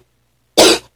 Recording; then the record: coughing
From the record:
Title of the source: 61 morning phlegmy cough...again